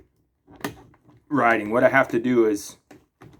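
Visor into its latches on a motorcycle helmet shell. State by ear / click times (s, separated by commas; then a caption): not seated / none. A plastic face visor is handled against its latches on a motorcycle helmet shell, being pushed down side by side. A sharp tap comes at about 0.6 s, with a few faint knocks before someone talks. Nothing has seated or clicked shut yet.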